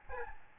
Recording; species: mosquito wingbeat signal from an infrared sensor; Aedes albopictus